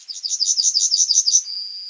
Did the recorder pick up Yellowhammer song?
yes